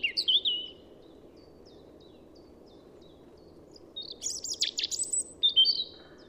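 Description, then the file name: European robin: a brief warbled opening, several seconds of quiet, then a scratchy, jumbled burst of high notes and a clear whistled ending, over low background noise. "Erithacus rubecula"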